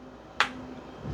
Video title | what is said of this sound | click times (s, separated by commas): DJI Action 6 Unboxing – What's Actually Inside? | Nice satisfying click. Can you hear that? | 0.4 s